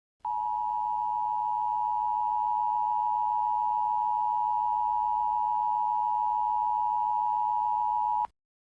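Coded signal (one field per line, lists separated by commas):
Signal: Emergency Alert System (SAME) tones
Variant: 853 and 960 Hz attention tone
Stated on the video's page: Fictional EAS scenario about a hurricane striking Miami.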